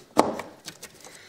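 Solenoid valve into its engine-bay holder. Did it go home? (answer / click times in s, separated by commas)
yes / 0.2 s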